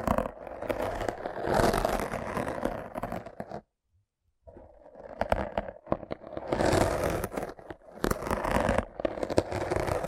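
Rough brain cleaning and picking: wet, crackling scraping sounds run in dense, uneven bursts for the first three and a half seconds. A second of silence follows, then the picking resumes with sharper clicks and rasps, building back to a thick, busy texture.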